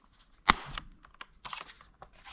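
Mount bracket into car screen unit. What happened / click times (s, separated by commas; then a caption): The plastic mount clicked into place / 0.5 s. A plastic mount bracket is pushed into a Carpuride W103 Pro dash screen unit and gives one sharp, loud click at 0.5 s, followed by fainter crackles and small knocks. The mount clicks into place and is solidly mounted.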